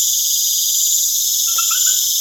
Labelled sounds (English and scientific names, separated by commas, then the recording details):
none
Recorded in pastures near Puerto Asís, Putumayo, Colombia, on 27 June 2025 at 19:00
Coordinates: 0.502, -76.324
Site G010